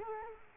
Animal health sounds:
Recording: mosquito wingbeat signal from an infrared sensor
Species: Culex quinquefasciatus

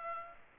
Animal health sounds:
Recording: mosquito wingbeat signal from an infrared sensor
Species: Aedes aegypti

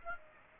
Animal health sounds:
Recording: mosquito wingbeat signal from an infrared sensor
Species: Aedes aegypti

